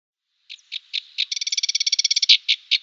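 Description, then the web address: Cyprus warbler song: a few dry, scratchy notes, then a fast rattling run of chattering notes, ending in slower harsh chips. "Schulze Peter Cyprus Warbler song"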